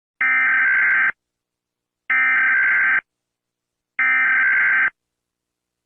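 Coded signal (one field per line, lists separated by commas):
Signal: Emergency Alert System (SAME) tones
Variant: header bursts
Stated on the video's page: Meme animation, not a real alert, with song and TTS voice.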